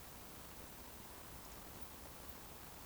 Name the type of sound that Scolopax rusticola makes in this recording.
whistle